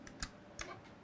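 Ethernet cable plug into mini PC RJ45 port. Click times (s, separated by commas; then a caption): 0.2 s. An RJ45 Ethernet cable plug is pushed into the other mini PC's LAN port, and its latch tab locks in as it should with a very faint click at 0.2 s. Softer ticks of the plug handling come at about 0.1 s and 0.6 s against a quiet background.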